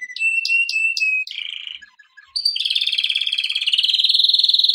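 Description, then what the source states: Canary song: a few clear whistled notes, a descending trill, a short pause with soft chirps, then a long fast high trill that grows louder. Canary song meant for training canaries.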